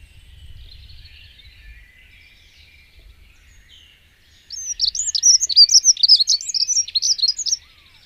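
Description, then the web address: Dunnock song, a fast scratchy warble of thin high notes lasting about three seconds, coming after a few seconds of faint background hiss and low rumble. "agykontroll Madardalok Cd 1. Erdei szürkebegy"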